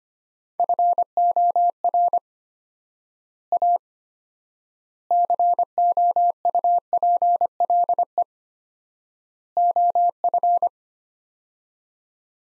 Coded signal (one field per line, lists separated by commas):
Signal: Morse code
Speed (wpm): 25 wpm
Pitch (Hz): 700 Hz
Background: none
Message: FOR A COUPLE OF